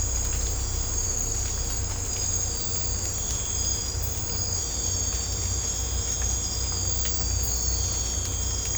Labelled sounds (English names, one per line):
none